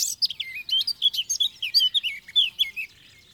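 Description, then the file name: Eurasian blackcap song, a fast run of varied warbling and squeaky notes, sweeping up and down, that fills about three seconds before stopping. "Sylvia atricapilla"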